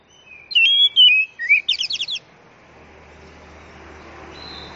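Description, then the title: Oriental magpie-robin song: a whistled phrase followed by a quick burst of repeated buzzy notes, then only background hiss. Champion bird. "Kicau Burung Kacer Juara"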